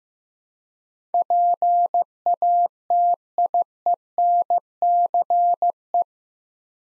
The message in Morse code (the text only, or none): PATIENCE